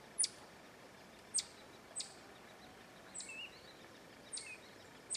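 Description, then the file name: Black-tufted marmoset calls: sharp, very high, short chirps spaced about a second apart, with a few softer squeaky notes between them. "Canto do Mico Estrela"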